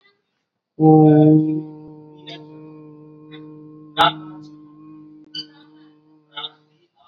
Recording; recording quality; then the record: sustained vowel as in boot; moderate, slight background noise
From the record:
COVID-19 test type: RT-PCR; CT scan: not taken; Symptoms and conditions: none ticked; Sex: male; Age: 28 years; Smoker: no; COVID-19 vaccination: both doses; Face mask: worn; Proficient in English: yes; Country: India